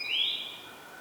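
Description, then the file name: Common blackbird call: one thin, high, slightly rising then falling note, brief and clear over quiet background. "Turdus merula"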